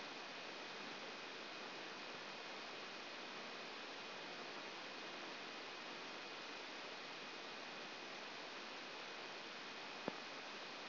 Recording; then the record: brain microelectrode recording played as sound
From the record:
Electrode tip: outside the subthalamic nucleus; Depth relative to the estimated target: 4 mm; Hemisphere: left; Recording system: AlphaMap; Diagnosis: Parkinson's disease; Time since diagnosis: 14 years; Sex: male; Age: 56 years